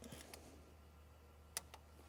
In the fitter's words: right there. I hope you can hear the torque wrench click.